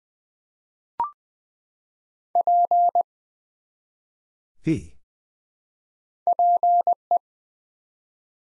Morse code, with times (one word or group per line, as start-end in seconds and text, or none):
2.4-3.0 P
6.3-7.2 PE